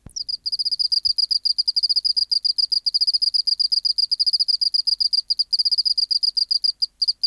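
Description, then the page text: Oceanic field cricket singing a fast train of clean, high pulses, grouped in bursts with tiny pauses between them, continuing throughout. Specimen NHMUK BMNH(E) 010211120 recorded by W. J. Reynolds in the BMNH Acoustic Laboratory, 19 March 1984, 11:15, at 24 °C, 30% humidity, still air, dim light. "412:14 Teleogryllus oceanicus (514r2). BioAcoustica. Natural History Museum Sound Archive. Recording Location: BMNH Acoustic Laboratory Recorded by: W. J. Reynolds Date Recorded: Mandag, marts 19, 1984 Local time: 1115"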